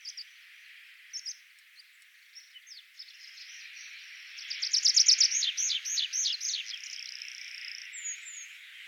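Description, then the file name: Tree pipit song: a few scattered soft notes, then a louder series of repeated high, downslurred notes, over a hissy background. "Tradpiplarka"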